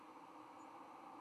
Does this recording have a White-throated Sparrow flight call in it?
no